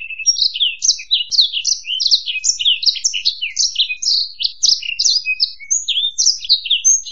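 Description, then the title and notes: Bird song, an unbroken stream of quick, bright chirps and trills that jump up and down in pitch and never stop. Birdsong meant for training a pet bird to learn its song. "Suara Burung. Suara Kicauan Burung untuk memaster burung kesayangan"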